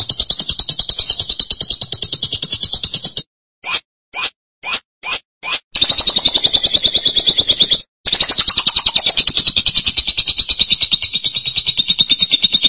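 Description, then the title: Lovebird calls in long, harsh, rapidly pulsed buzzy bursts at high pitch, broken by a run of five short separate chirps midway. "BM Suara Burung Lovebird"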